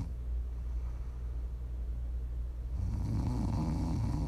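ASMR snoring from an adult sleeper: a quiet low stretch of breathing, then a louder, rumbling snore from about 2.5 seconds on.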